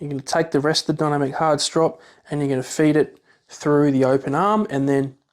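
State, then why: Not seated. A quick release arm on a dog tether strop is being handled while the dynamic hard strop webbing is fed through the open arm. Someone talks throughout, and no handling noise stands out over the voice. Nothing has seated or clicked yet; the arm has not been pushed shut.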